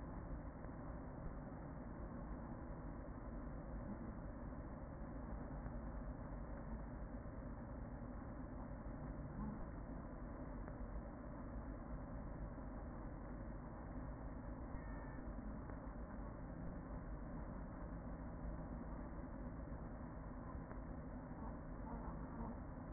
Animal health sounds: honeybee colony, microphone inside the hive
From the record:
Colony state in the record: queen present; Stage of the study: after two queens were removed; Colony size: about 40,000 bees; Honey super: no

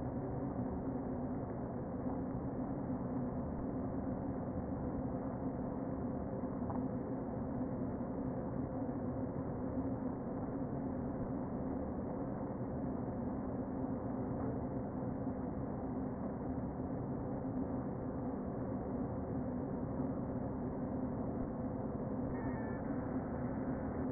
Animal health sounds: honeybee colony, microphone inside the hive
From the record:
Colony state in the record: queen present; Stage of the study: before two queens were removed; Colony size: about 60,000 bees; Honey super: yes

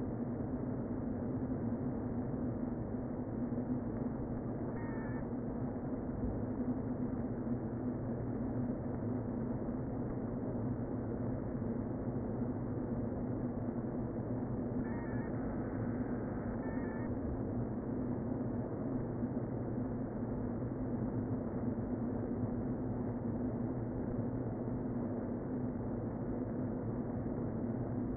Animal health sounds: honeybee colony, microphone inside the hive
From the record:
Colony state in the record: queen present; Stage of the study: before two queens were removed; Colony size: about 60,000 bees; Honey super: yes

